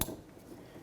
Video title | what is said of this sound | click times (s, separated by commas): How to Replace Front Window Regulator 2004-2015 Nissan Titan | now we can connect our electrical connector we'll listen for a click | 0.0 s